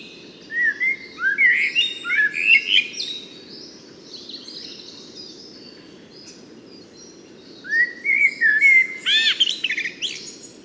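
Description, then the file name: Common blackbird song in two phrases of rich, fluting warbles followed by scratchy high-pitched twitters, a silent stretch of about four seconds between them, with faint steady background noise. "Turdus merula"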